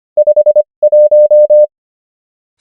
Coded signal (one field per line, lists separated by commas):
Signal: Morse code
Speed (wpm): 25 wpm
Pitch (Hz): 600 Hz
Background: none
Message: 51